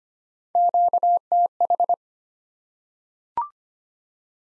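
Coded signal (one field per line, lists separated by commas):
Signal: Morse code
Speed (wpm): 25 wpm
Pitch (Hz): 700 Hz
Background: none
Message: QTH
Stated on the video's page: Morse code head-copy practice at 25 wpm of common QSO elements, each sent, spoken, then sent again.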